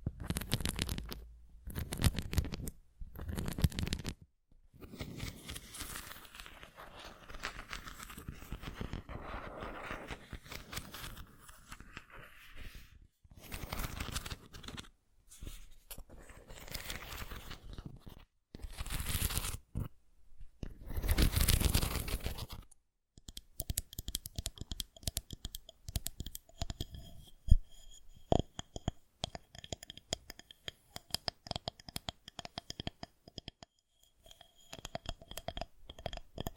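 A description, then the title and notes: An assortment of tingly sounds: dense crinkling and rustling bursts separated by short silences for the first 23 seconds. After that the texture shifts to sparse, quick, bright tapping and clicking with a faint steady high tone underneath, continuing to the end. Tingly Sound Assortment.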